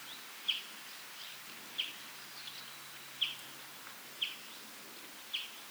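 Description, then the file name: European greenfinch uttering five sharp, short chirps at irregular intervals of about one second, with low steady hiss behind. "Chloris chloris 190325"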